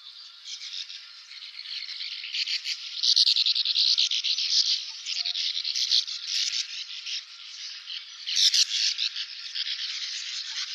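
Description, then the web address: Sand martin colony chatter: rapid, dry, buzzy twitters running almost continuously, swelling louder in the middle and again near the end. "syoudoutubame"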